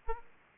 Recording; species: mosquito wingbeat signal from an infrared sensor; Aedes aegypti